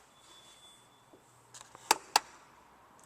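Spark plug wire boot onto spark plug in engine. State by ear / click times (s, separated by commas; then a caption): seated / 1.9 s, 2.2 s. A spark plug wire boot is pushed down over a new spark plug in the engine of a 1997 Ford Escort during a tune-up. After some faint handling rustles, two sharp snaps ring out at 1.9 s and 2.2 s. The boot is seated on the plug.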